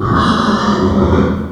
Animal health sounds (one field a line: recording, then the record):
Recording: squeal of a Yucatan mini pig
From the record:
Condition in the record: after surgery on the right vocal fold (resection and tissue-engineered implant)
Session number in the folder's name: 16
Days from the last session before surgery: 183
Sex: female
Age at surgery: 19 weeks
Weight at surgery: 25 kg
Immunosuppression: prednisolone